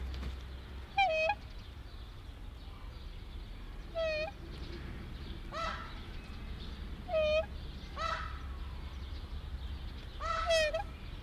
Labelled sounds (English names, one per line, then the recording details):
Black Swan call
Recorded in captivity
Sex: female
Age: adult
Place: Zoo Rostock, Mecklenburg-Vorpommern, DE
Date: 1973-05-22 12:20
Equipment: Uher 4200 Report Stereo, Sennheiser MD 421, Verstärker
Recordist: Tembrock, Günter
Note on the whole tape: (altern. Trauerschwan). Weibchen: Laute. Abstand 1 m